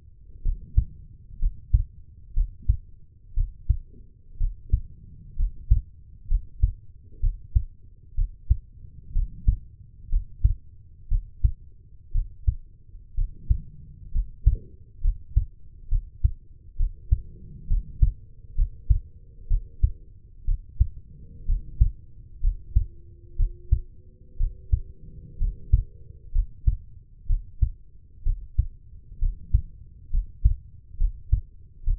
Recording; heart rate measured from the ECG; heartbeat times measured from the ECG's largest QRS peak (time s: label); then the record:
heart sounds by stethoscope; 63 bpm
0.42 s: heartbeat
1.39 s: heartbeat
2.33 s: heartbeat
3.34 s: heartbeat
4.37 s: heartbeat
5.36 s: heartbeat
6.27 s: heartbeat
7.20 s: heartbeat
8.14 s: heartbeat
9.12 s: heartbeat
10.09 s: heartbeat
11.08 s: heartbeat
12.11 s: heartbeat
13.14 s: heartbeat
14.11 s: heartbeat
15.01 s: heartbeat
15.88 s: heartbeat
16.76 s: heartbeat
17.67 s: heartbeat
18.55 s: heartbeat
19.47 s: heartbeat
20.44 s: heartbeat
21.45 s: heartbeat
22.40 s: heartbeat
23.36 s: heartbeat
24.37 s: heartbeat
25.38 s: heartbeat
26.32 s: heartbeat
27.26 s: heartbeat
28.23 s: heartbeat
29.18 s: heartbeat
30.10 s: heartbeat
30.97 s: heartbeat
31.84 s: heartbeat
From the record:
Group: healthy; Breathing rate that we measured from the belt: 15 breaths a minute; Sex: female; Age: 23 years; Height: 160 cm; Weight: 50.4 kg